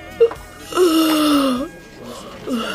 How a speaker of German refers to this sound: Gabi war müde. Sie gähnte hinter der vorgehaltenen Hand. Klößchen gähnte auch, dachte jedoch nicht daran, sich hinter seinen Händen zu verstecken.